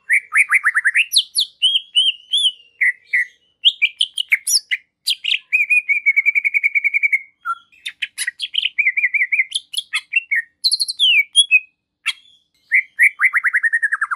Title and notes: Masteran & Pancingan Cucak Ijo Gacor. Burung Cucak Ijo